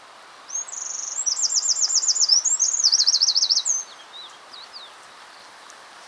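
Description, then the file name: Eurasian wren singing a rapid high trilled phrase of about three seconds, followed by a few faint, thin notes. "Troglodytes troglodytes"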